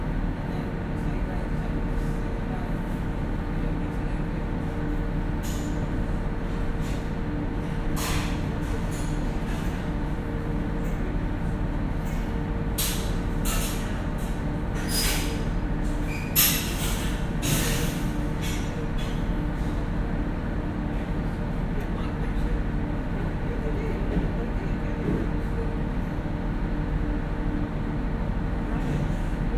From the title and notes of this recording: The passenger ferry that makes the short harbour crossing from Gosport to Portsmouth here on the south coast of England. Binaural.